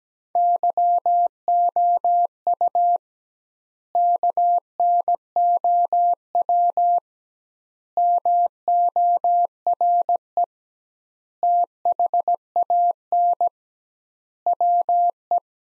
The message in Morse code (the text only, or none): YOU KNOW MORE THAN WE